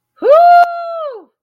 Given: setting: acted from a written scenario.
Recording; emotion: vocal sound without words; triumph